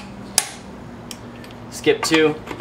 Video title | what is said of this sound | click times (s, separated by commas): How to Replace Rear Brake Pads on Your Toyota Sequoia | And then we'll use our star pattern to actually tighten the wheel until it clicks. | 0.4 s